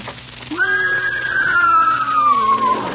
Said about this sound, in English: You got a horse out in the lobby of NBC? Yeah, I'll show her to you.